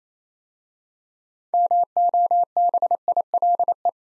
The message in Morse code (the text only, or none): MOBILE